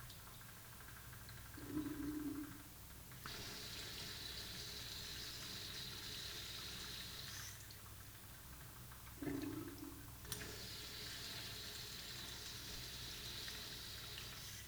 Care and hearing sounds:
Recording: daily activity, guitar pickup as the sensor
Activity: flush

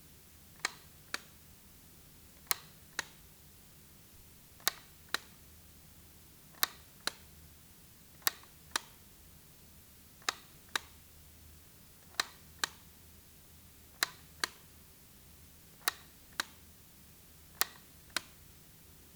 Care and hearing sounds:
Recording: daily activity, guitar pickup as the sensor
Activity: operate light

